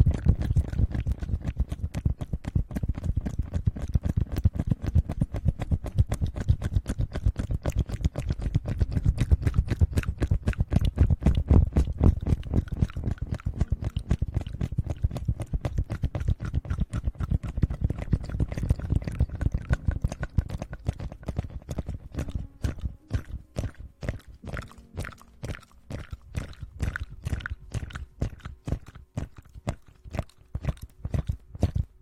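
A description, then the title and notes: Someone eats sugar, producing a dense, rapid stream of crunchy, crackling chews with a heavy low thump for the first twenty seconds. After that the sound thins out into quieter, more spaced sharp clicks and sticky taps that continue to the end. Eating sugar, aloe vera gel ear massage.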